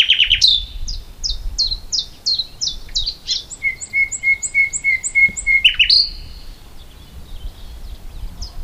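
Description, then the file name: Common nightingale song opening with a string of repeated sharp notes, then a long pure whistled note repeated evenly several times, ending in a quick flourish. "Luscinia megarhynchos"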